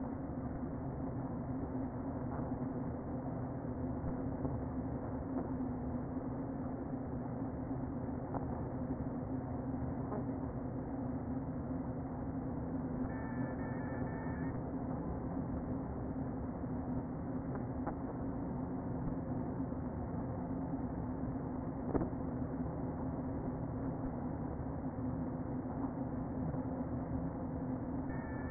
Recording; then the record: honeybee colony, microphone inside the hive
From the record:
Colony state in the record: queen present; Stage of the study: before two queens were removed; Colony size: about 60,000 bees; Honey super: yes